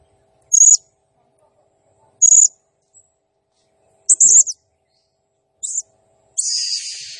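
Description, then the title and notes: Blue-crowned hanging parrot with loud, very high, shrill squeaky notes spaced a second or two apart, ending in a harsher hissing burst. Serindit in gacor (actively singing) condition, 'nembak' song style, used as a masteran training sound and lure for serindit birds, said to excite all birds. "Burung Serindit Nembak Gacor Bikin Emosi Semua Burung. Suara Nasteran Dan Pemikat Burung Serinditan Gacor"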